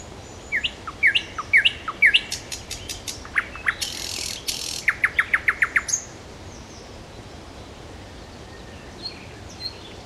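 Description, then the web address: Nightingale song with repeated downslurred notes, a harsh noisy rattle and a fast series of loud chock notes, then quieter calls. "soud solovejj"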